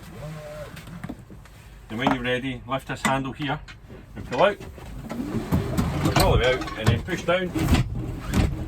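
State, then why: Not seated. Someone talks while handling the seat-bed frame in a campervan, lifting its handle, pulling it out and pushing it down, with faint bumps and shuffling under the voice. The clip ends before the frame latches, so nothing has seated or clicked yet.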